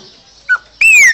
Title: Passaro Preto